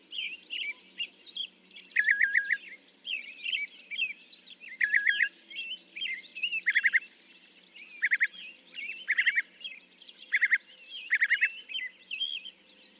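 Northern mockingbird song, short clusters of rapid repeated notes delivered again and again, alternating with varied chirpy phrases, other birds calling behind.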